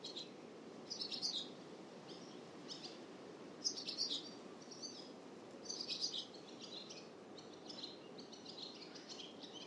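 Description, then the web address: Bird chirps, faint and high, come in short clustered bursts over steady low background noise. "Bird Only"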